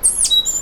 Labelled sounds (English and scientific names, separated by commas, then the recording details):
Stitchbird (Notiomystis cincta) song
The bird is a male
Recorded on Tiritiri Matangi Island, New Zealand, in 2005
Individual 1, of nest box 1